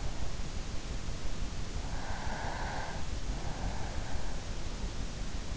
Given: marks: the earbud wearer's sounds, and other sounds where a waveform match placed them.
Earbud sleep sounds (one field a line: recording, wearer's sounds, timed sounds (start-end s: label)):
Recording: sounds in sleep by an in-ear microphone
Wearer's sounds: breath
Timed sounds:
1.95-4.12 s: breath